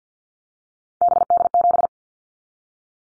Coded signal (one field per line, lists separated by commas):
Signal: Morse code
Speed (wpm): 48 wpm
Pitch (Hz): 700 Hz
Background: none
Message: BD7